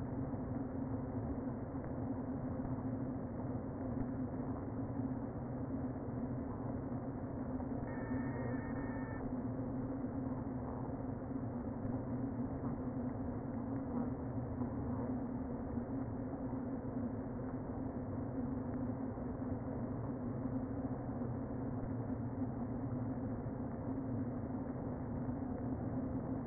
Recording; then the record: honeybee colony, microphone inside the hive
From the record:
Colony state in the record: queen present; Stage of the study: before two queens were removed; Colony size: about 60,000 bees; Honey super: yes